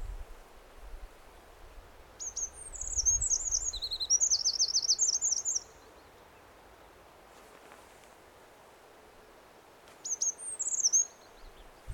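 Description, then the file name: Eurasian wren song: a rapid burst of high, sharp notes and trills lasting about three seconds, then a shorter high phrase near the end after a quiet pause. "Troglodytes troglodytes"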